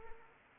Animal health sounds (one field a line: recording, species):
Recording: mosquito wingbeat signal from an infrared sensor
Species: Anopheles arabiensis